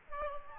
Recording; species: mosquito wingbeat signal from an infrared sensor; Aedes albopictus